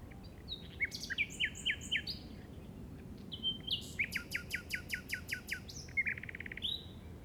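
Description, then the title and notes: Common nightingale song with fast repeated downslurred notes, high sharp strokes and a brief buzzy trill, phrases following one another closely. Recorded in the Llobregat Delta at 06:00 on 8 May 2015 with a Zoom recorder. "Grabación de ruiseñor común (Luscinia megarhynchos) en el Delta del Llobregat a las 06:00 del 08/05/2015."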